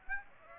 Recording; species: mosquito wingbeat signal from an infrared sensor; Aedes aegypti